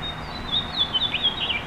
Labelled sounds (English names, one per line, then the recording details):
House Finch song
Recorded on Long Island, New York, on 5 June 2011
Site MA
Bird A